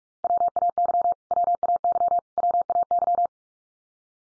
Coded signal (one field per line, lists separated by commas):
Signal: Morse code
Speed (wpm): 44 wpm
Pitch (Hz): 700 Hz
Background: none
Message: WAY WAY WAY